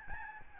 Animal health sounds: mosquito wingbeat signal from an infrared sensor; Aedes albopictus

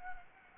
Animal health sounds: mosquito wingbeat signal from an infrared sensor; Anopheles gambiae

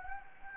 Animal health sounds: mosquito wingbeat signal from an infrared sensor; Anopheles gambiae

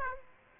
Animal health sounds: mosquito wingbeat signal from an infrared sensor; Aedes aegypti

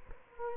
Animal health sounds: mosquito wingbeat signal from an infrared sensor; Culex quinquefasciatus

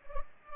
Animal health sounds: mosquito wingbeat signal from an infrared sensor; Culex pipiens

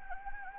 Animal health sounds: mosquito wingbeat signal from an infrared sensor; Anopheles gambiae

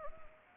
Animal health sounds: mosquito wingbeat signal from an infrared sensor; Anopheles arabiensis

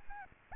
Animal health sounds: mosquito wingbeat signal from an infrared sensor; Aedes albopictus

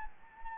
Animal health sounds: mosquito wingbeat signal from an infrared sensor; Anopheles gambiae

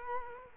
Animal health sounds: mosquito wingbeat signal from an infrared sensor; Culex quinquefasciatus

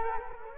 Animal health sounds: mosquito wingbeat signal from an infrared sensor; Culex quinquefasciatus

